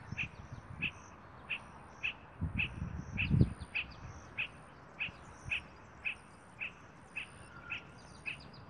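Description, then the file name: Spot-flanked barbet uttering a regular run of short, knocking notes about twice a second, with a few low thumps and rumbles in the middle. "Tricholaema lacrymosa - Spot-flanked Barbet"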